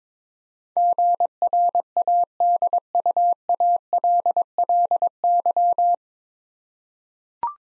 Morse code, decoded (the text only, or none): GRADUALLY